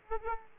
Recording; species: mosquito wingbeat signal from an infrared sensor; Aedes aegypti